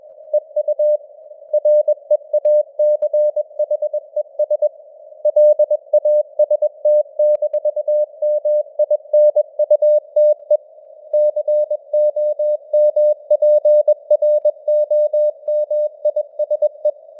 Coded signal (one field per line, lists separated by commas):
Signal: Morse code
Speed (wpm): 21 wpm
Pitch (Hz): 600 Hz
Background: none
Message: EU REACHES LAST-MINUTE COMPROMISE